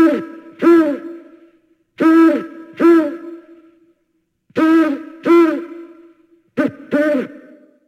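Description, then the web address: Owl giving paired hoots, two rich, slightly bending notes per pair, repeated four times with silent gaps between. "Halloween Havoc - Sound Effects 29-Owl - Ktel"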